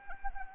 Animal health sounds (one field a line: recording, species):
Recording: mosquito wingbeat signal from an infrared sensor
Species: Anopheles arabiensis